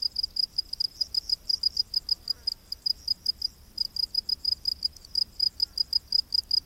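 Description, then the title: Cricket chirping in a rapid, steady run of short high pulses. Crickets in a rainforest at night. "Crickets of the Rainforest 🌿. Exotic Insect Orchestra"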